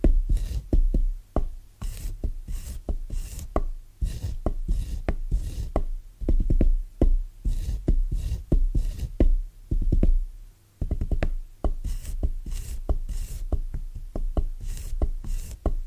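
Soft, bassy tapping plays in a steady rhythm, a few light taps per second, each with a dull low thump and a brief crisp edge. Small clusters and occasional pauses, like a short gap near ten seconds, break the pattern.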